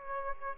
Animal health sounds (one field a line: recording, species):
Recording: mosquito wingbeat signal from an infrared sensor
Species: Aedes aegypti